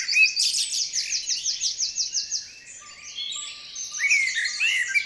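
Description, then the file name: Common blackbird calling, a rapid series of sharp downslurred notes for about two seconds, then quieter mixed chatter and whistles. "Turdus merula"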